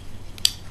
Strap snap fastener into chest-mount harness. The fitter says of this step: has the male part of the snap on this side it snaps right in place